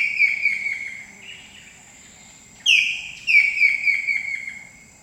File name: blue breasted kingfisher